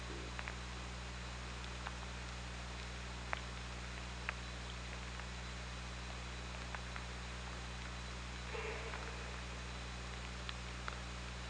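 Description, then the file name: Killer whale call, one short buzzy harmonic burst in the latter part, amid constant low hydrophone hum and sparse sharp clicks. OrcaLab underwater hydrophone, 24 August 2017, about 23:59. "Orca Lab UTLN JASON 20170824 235922"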